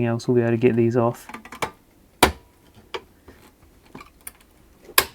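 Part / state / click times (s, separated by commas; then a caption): screw in VCR chassis / stripped / 5.0 s. Someone talks briefly, then a JIS screwdriver tries to remove a screw from the chassis of a National NV-G10 VCR, producing a series of sharp clicking hits around 1.6, 2.2, 2.9 and 4.3 seconds as the bit slips in the screw head. The loudest click comes at 5.0 seconds when the screwdriver cams out of the worn screw head, leaving it stripped, blamed on a worn screwdriver or a damaged screw.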